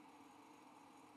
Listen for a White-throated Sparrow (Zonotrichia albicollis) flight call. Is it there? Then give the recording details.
no. No flight call is heard. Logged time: 08:14 on 5 December 2014